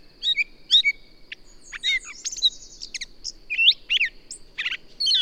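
A bird sings varied chirps, quick buzzy trills and slurred whistles in short spurts, with a constant thin high tone in the background.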